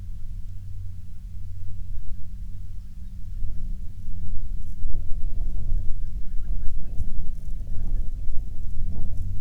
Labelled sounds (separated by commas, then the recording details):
songbird, waterfowl, wind, aircraft
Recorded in the Prudhoe Bay oil fields, Alaska, on 21 June 2019 at 09:42
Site 22